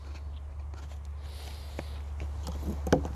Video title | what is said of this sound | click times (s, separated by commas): Breathe EZ Complete Demonstration of Ball-Cap mount, dis-mount and demonstration of filter adapters. | and then this goes in here and locks in place | 2.9 s